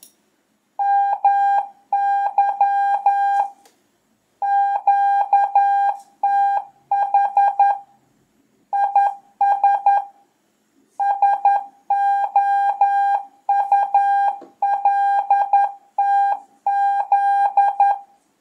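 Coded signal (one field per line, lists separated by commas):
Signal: Morse code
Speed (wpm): 11 wpm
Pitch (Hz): 800 Hz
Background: none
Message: MY QTH IS SOULTZ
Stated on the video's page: Beginner CW lesson showing a typical QSO with Q code and abbreviations.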